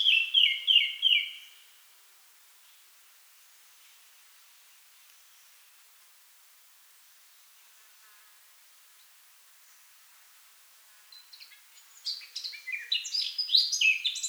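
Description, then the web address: Eurasian blackcap song, a short warbled phrase at the start, a long silence, then a fresh run of quick, jumbled chattering notes. "SETE Sylvia atricapilla"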